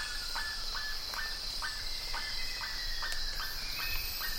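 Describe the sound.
Bird giving short, sliding notes about twice a second over a loud, continuous high-pitched drone.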